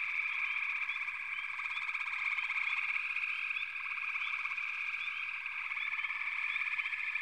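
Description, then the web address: Frog chorus, a dense continuous mass of overlapping trilling and croaking calls, with short rising chirps scattered throughout. "Natures Songs Nature Sounds The Natural Sounds of the Wilderness 10 CDs collection Echoes of Nature - Sampler 08 Frog Chorus"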